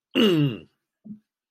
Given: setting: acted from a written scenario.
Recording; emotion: vocal sound without words; pain